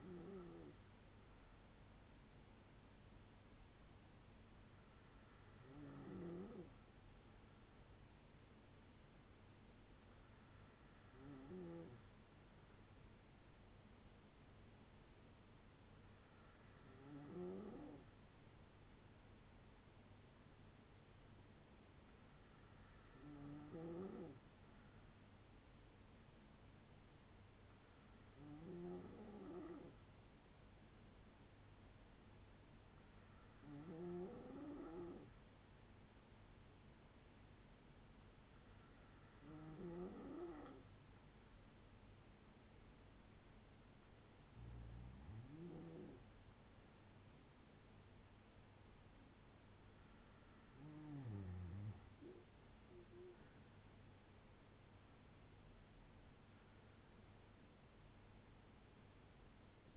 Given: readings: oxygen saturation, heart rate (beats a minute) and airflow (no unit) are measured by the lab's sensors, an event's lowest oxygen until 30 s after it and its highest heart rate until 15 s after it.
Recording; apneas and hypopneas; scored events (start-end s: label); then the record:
breathing in sleep by a voice recorder at the bedside; none
none scored
From the record:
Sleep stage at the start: N2 (light sleep); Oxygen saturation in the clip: 94 to 95%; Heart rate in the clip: 56 to 66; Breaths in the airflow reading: 11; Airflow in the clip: -4.8 to 6.1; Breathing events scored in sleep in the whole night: 182 in 7.4 hours asleep